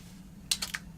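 A replacement screen assembly for an iPhone 6s Plus is pressed gently around its edges into the metal phone frame. The display's plastic clips seat with a sharp snap at 0.5 s, followed by two softer clicks at 0.6 and 0.8 s over a steady low hum. The display is seated.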